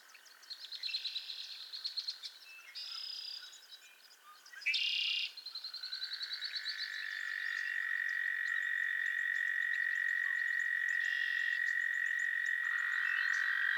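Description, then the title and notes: Several frogs calling. Buzzy pulsed trills and short bursts come first, then a steady high trill swells and holds to the end, with a second trill joining late. A chorus of frogs calling to one another on a summer evening at Miners Marsh, Annapolis Valley, Nova Scotia. "Theraphonia - Frogsong at Miners Marsh. A chorus of frogs croon to one another on an idyllic summer evening in Miners Marsh, Annapolis Valley, Nova Scotia"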